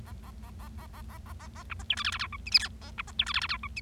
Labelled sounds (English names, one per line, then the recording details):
Bengalese Finch song
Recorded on 25 March 2012 at 16:38
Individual gy6or6